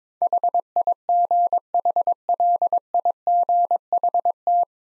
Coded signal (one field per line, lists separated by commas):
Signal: Morse code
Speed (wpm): 22 wpm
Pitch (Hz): 700 Hz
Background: none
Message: HIGHLIGHT